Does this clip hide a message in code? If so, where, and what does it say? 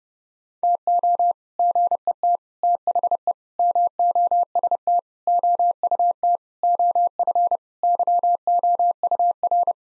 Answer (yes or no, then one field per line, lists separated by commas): yes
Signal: Morse code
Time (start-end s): 0.6-9.7 s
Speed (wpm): 30 wpm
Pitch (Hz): 700 Hz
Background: none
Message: TO GET THE MOST OUT OF YOUR